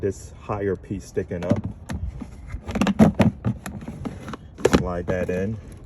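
A removable divider panel is handled and slid into an electric scooter's under-seat storage trunk, with the higher piece sticking up, to make a hidden compartment beneath the main one. Someone talks throughout, and short handling knocks are heard around 2.8 s, 3.2 s and 4.7 s. The panel has not yet locked into place, and nothing has seated or clicked yet.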